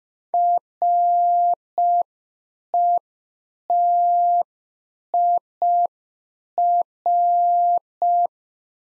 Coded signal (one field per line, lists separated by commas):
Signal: Morse code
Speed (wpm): 5 wpm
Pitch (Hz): 700 Hz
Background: none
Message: RETIR